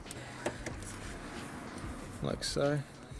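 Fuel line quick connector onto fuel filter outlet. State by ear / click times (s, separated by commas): not seated / none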